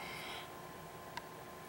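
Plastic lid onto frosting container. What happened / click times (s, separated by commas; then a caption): The plastic lid snapped shut on the container / 1.2 s. A child presses a plastic lid down onto a frosting container, pushing until it clicks. A single short, sharp click is heard at 1.2 s against a quiet background. The lid snaps shut and is seated.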